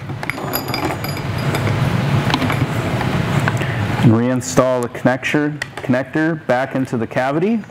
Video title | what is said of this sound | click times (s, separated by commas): ION Replacing Your Controller - How To | connecting the two connectors until you hear a click. | 0.3 s